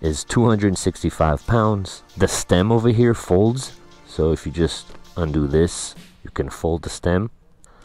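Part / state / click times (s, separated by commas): scooter stem fold latch into its locked position / not seated / none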